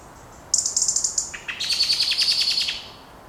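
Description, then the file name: European robin giving a high, thin phrase: a sustained squeaky note followed by a rapid series of chirps, over quiet background hiss. "Erithacus rubecula"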